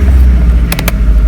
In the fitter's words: a man with your fingers until they lock into place what's the airbag connectors re plugged in like that then